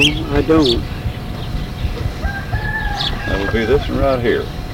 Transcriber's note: rooster crows